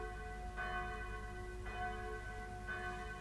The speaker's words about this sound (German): Kapitän Kett in Matrosenmütze und Seestiefeln mit seiner lauten Raus-aus-dem-Bett-Glocke den heutigen Tag verkündet